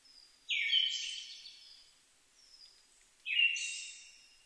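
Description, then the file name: Siberian thrush song: two loud phrases, each a clear whistle followed by a thin, buzzy high trill, with soft background chirps between. Recorded 2 July 2011 at 05:51. "mamijiro-20110702-0551"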